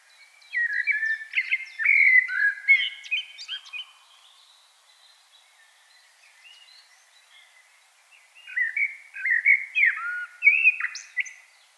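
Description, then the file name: Common blackbird singing a flowing run of fluty notes and thin squeaks, falling quiet for several seconds before a further melodious phrase. "Turdus merula"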